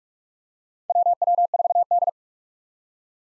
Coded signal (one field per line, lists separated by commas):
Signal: Morse code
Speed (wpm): 46 wpm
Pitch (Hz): 700 Hz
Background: none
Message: WW4D